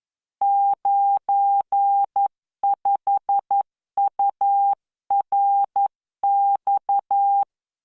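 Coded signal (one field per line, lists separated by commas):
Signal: Morse code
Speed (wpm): 11 wpm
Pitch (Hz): 800 Hz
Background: none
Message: 95URX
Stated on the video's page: Morse practice generated by the LearningMorse V.0.74 training software at 11 WPM with standard spacing.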